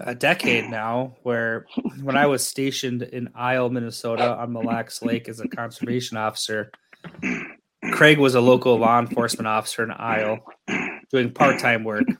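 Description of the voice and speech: One adult man speaks fluently at a steady conversational pace and a medium-low pitch in a small, quiet room. Speech is clear, with a few natural pauses and no repetitions, blocks or vocal tics. Ordinary speech, no disorder.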